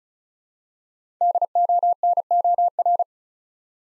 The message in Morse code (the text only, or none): DONOR